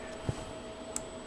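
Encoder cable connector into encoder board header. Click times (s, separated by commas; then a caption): 1.0 s. An encoder cable connector, with its tab facing the right way, is plugged into its header on the encoder board. After a soft low bump near 0.3 s, it snaps into place with a short, sharp click at 1.0 s, seating fully without any force. A faint steady hum runs underneath throughout.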